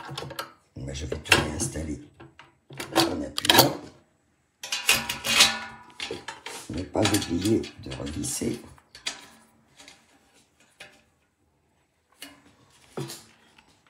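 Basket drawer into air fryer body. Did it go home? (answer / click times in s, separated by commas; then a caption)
no / none. Someone talks while reassembling the parts of an Aigostar Smart Cube 1900 W, 7 L oil-free smart air fryer by pressing them in, with short plastic and metal handling knocks and clatters around 0.2–0.4 s, 4.6–5.1 s, 6.0–6.3 s and 9.1 s. The basket drawer is being handled toward the air fryer body, but nothing has seated or clicked yet.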